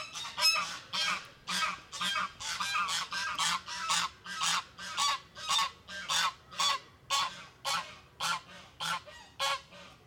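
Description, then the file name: Goose giving rapid, raspy honks in a regular run, roughly two each second, some overlapping at the start, continuing to the end. "Oie"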